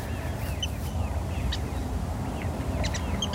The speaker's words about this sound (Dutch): Het is een waterral. Zo'n waterral kan krijsen als een big, maar dus ook subtielere geluiden maken waarvan je je niet rot schrikt als je in de polder loopt.